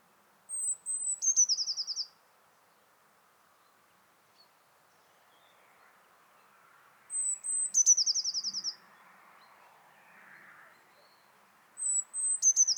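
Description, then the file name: Eurasian blue tit giving three high song phrases, each a short thin whistle dropping into a rapid trill, spaced several seconds apart over faint background noise; the last is cut off. "Cyanistes caeruleus"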